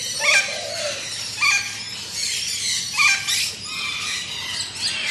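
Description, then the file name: Parrots and parakeets squealing, with a short stepped call repeated a few times above dense high chatter and a faint low hum. Ambience in a large tropical aviary with parrots, parakeets and other birds; lawn mower in the distance. "zapsplat animals birds tropical large avery amb parrots parakeets"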